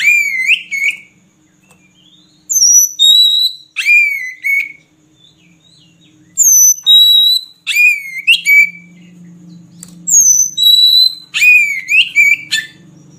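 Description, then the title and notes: Oriental magpie-robin repeating short bright whistled phrases, sharp descending notes with a lingering tail, with a faint low hum underneath. Song for training caged birds, intended to make the bird sing actively day and night. "Kacer Jadi Gacor Siang Malam. Isian Kacer Durasi Panjang"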